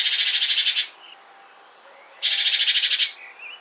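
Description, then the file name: Great tit giving two dry, rattling buzzy churrs separated by a pause, with faint soft notes after each burst. "Parus major"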